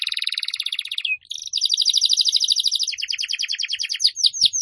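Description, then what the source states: Atlantic canary song: a buzzy rolled trill, a quick downward slide, then a long run of rapid, even pulsed notes and some sharp descending chips. Canary (kenari) song used to lure birds (pikat burung).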